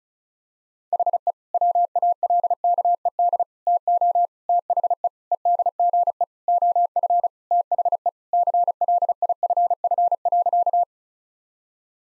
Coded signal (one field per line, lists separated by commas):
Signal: Morse code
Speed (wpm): 34 wpm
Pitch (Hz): 700 Hz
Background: none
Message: HE WALKED TO THE EDGE OF THE CLIFF.